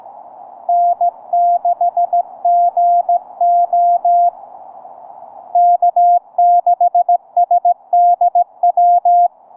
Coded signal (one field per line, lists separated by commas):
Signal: Morse code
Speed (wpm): 20 wpm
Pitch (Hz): 700 Hz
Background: none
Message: N6GO K6SDW